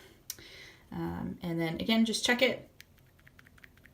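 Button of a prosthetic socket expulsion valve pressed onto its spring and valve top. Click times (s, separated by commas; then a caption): 0.3 s. The plastic button of a prosthetic socket expulsion valve is pressed down onto its spring and into the valve top, snapping into place with a single sharp, loud click at 0.3 s. Someone then talks, and a few faint ticks follow near the end.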